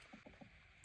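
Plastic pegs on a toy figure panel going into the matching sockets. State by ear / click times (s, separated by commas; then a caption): not seated / none. Plastic pegs on a panel of a Transformers Studio Series 86 Optimus Prime action figure are pressed toward their matching sockets, with a ruler used to push the two plastic parts together. Three soft, low knocks come at about 0.1, 0.3 and 0.4 s, followed by a brief sharper tick at 0.8 s. The pegs have not locked in yet, and nothing has seated.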